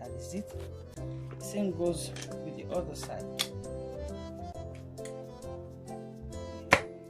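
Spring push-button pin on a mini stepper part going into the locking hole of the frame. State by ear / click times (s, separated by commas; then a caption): seated / 6.7 s. While music plays and someone talks, a part of a mini stepper is pushed into the frame until its spring-loaded black push-button pin snaps into the matching locking hole. A sharp click is heard at 6.7 s, and the button is seated.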